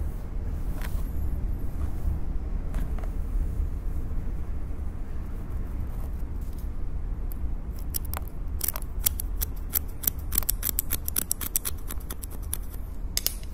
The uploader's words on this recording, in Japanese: (ASMR)ハサミでカット。ホワイトノイズよりの音となります。